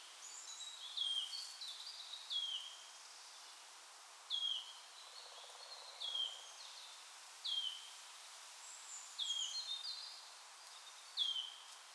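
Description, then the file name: Wood warbler sounding soft downslurred whistles at irregular intervals over a hiss of background noise, with faint high chirps early on. "sisego fuzike hangja"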